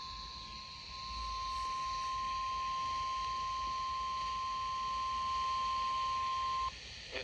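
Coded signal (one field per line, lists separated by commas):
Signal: Emergency Alert System (SAME) tones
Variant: 1050 Hz attention tone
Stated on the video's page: EAS weather alerts recorded with an iPhone 14.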